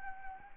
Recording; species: mosquito wingbeat signal from an infrared sensor; Anopheles arabiensis